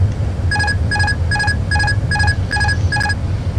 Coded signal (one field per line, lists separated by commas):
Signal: none